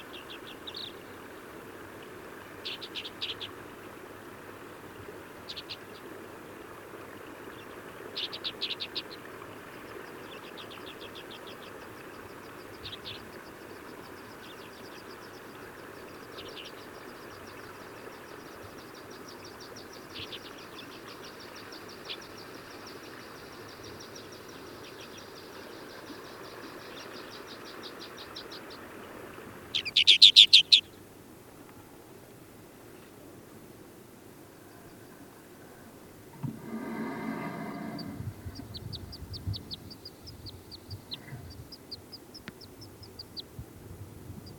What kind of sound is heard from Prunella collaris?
call